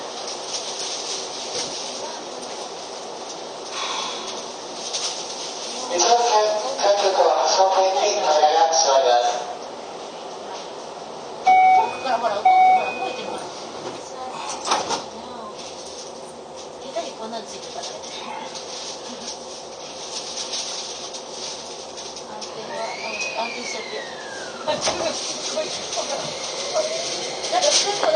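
A ride aboard a Keio 5000 series train, with a steady rumble running throughout. A voice comes through around six to nine seconds, two short chime tones sound near twelve seconds, and a whine rises and falls around twenty-three seconds.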